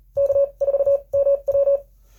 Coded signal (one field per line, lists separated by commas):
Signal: Morse code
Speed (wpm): 40 wpm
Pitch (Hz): 560 Hz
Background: none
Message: K4MW